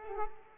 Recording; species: mosquito wingbeat signal from an infrared sensor; Culex quinquefasciatus